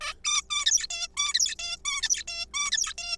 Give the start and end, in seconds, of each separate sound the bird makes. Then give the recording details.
0.01-0.14, 0.24-0.41, 0.51-0.87, 0.90-1.08, 1.17-1.33, 1.34-1.55, 1.59-1.77, 1.85-2.24, 2.28-2.46, 2.54-2.71, 2.72-2.93, 2.98-3.17. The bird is a juvenile. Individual R3428